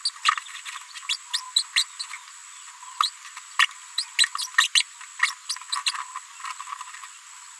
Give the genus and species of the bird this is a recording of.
Forpus passerinus